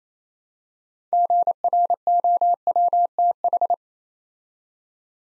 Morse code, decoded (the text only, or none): GROWTH